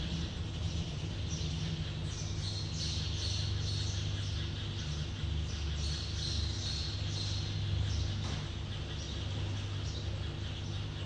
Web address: ambience airline hanger distant plane worker movement birds chirp